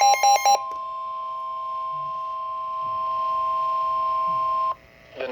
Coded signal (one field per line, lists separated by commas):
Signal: Emergency Alert System (SAME) tones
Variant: 1050 Hz attention tone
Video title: EAS #242: SMW-W